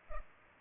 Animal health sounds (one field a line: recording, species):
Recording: mosquito wingbeat signal from an infrared sensor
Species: Culex pipiens